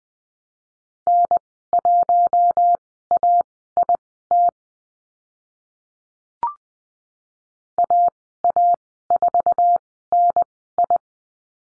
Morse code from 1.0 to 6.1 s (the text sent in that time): N1AIT